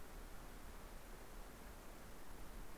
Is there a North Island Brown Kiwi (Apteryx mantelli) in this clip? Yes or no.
no